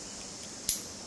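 A plastic seat-strap buckle on a Lone Wolf climbing tree stand is removed and clicked back into its receiver on the seat, this time without fingers held in the slot to muffle it. A single sharp, bright click rings out at 0.7 s over a steady background hiss, and the buckle is seated.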